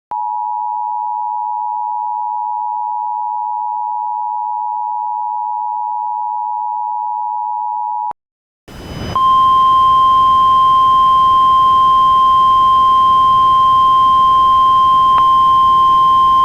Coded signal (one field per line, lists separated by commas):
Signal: Emergency Alert System (SAME) tones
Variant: 853 and 960 Hz attention tone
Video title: EAS Recreation: FLASH FLOOD EMERGENCY for Knoxville, TN (2/23/2019)